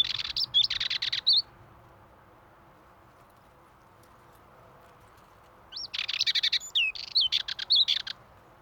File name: Dartford Warbler Male Singing At Pornic Loire Atlantique France